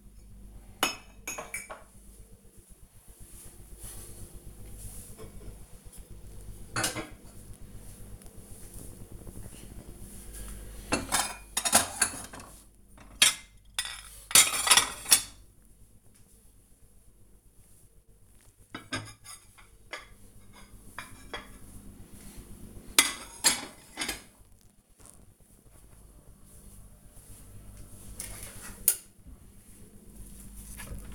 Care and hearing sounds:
household activities, microphone on the right wrist
0.00-31.15 s: putting away the dishes

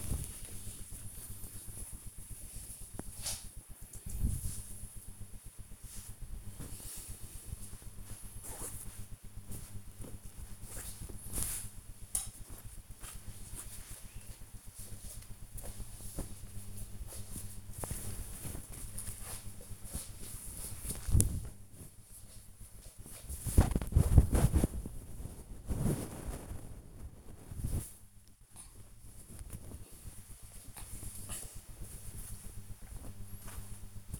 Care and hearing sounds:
household activities, microphone on the right wrist
0.00-14.81 s: ironing laundry

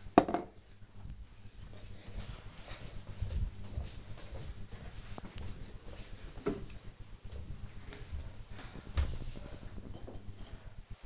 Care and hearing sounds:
household activities, microphone on the right wrist
none

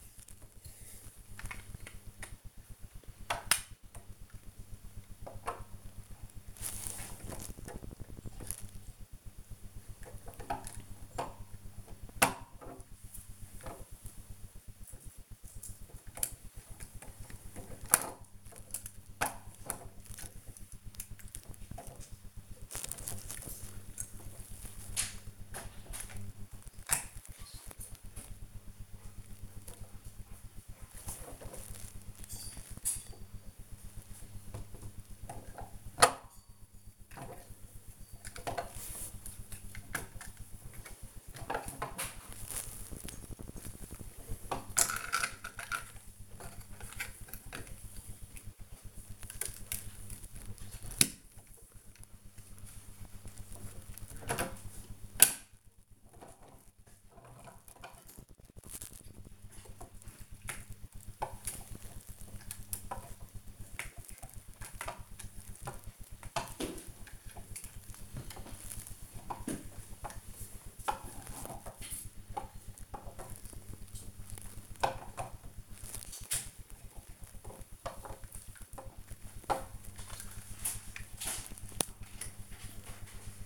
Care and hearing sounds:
household activities, microphone on the right wrist
0.00-83.46 s: building with lego

